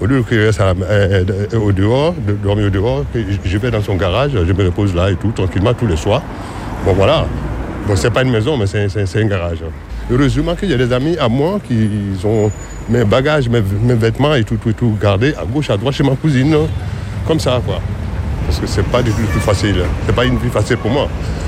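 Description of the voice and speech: A 47-year-old man from Côte d'Ivoire speaks French in a low, steady voice over street traffic, running on with almost no pauses. Part-word and word repetitions such as "mes… mes vêtements" and "tout… tout" recur, with brief stretched sounds and a catch in the voice: mild acquired stuttering, present for 17 years, which began after a false accusation, wrongful conviction and imprisonment.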